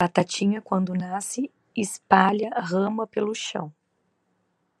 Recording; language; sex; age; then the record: short text; Brazilian Portuguese; female; 30 to 39 years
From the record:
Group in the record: control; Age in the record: 35 years